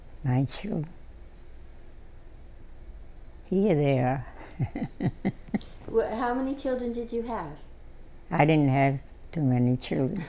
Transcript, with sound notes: My children. Here they are. ( she laughs )
How many children did you have?
I didn't have too many children?